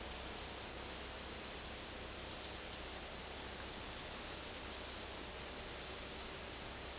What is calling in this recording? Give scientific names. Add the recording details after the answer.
none. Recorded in dense forest near Puerto Asís, Putumayo, Colombia, on 21 February 2024 at 12:30. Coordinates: 0.485, -76.325. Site G6429